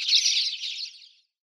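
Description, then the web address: Spanish sparrow chirping, a quick burst of harsh overlapping chirps that fades out after about a second. "Schulze Peter Spanish Sparrow calls"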